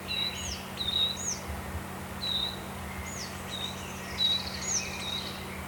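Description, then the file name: Coal tit giving high, thin paired whistles in a loose repeated pattern, with a low droning hum behind. "moskovka"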